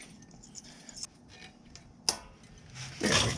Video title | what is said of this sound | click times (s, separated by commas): Jeep Wrangler Big Brake UPGRADE JKU - How To DIY! | you could actually hear the very positive snap of that going into place | 2.1 s